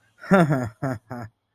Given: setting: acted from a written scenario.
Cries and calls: vocal sound without words; embarrassment

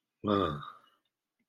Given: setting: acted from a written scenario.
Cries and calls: vocal sound without words; romantic love

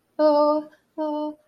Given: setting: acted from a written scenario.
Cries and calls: vocal sound without words; distress

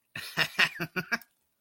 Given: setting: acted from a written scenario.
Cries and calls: vocal sound without words; amusement

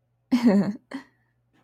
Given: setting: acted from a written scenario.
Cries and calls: vocal sound without words; amusement

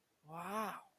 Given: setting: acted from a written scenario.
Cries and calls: vocal sound without words; interest

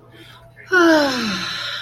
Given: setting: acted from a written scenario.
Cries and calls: vocal sound without words; contentment

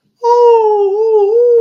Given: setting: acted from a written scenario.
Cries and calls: vocal sound without words; triumph

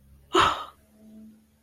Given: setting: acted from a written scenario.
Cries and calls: vocal sound without words; adoration

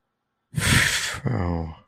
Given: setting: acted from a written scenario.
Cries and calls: vocal sound without words; relief

